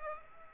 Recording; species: mosquito wingbeat signal from an infrared sensor; Aedes aegypti